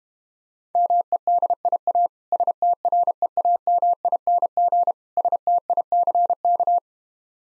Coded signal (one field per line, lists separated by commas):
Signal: Morse code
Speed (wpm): 32 wpm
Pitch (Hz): 700 Hz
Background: none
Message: MEDIA STREAMING STICK